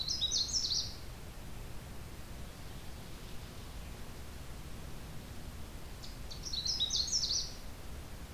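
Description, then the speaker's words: Canada warbler singing two quick, tumbling high warbled phrases several seconds apart, the first cut off at the start, over a constant low rumble of background noise. On territory in late June, along a trail through a swamp with aspen, birch and cedars. "Since it is late June, I can guarantee this is on territory."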